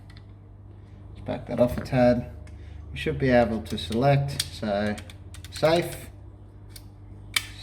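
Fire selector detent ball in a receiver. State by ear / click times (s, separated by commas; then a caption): seated / 7.4 s. With its small silver detent ball and spring fitted, a fire selector in a receiver is rotated while someone talks. A sharp metallic click at 7.4 s marks the detent ball dropping into the next position, seating the selector; without the ball lined up, no click would be felt.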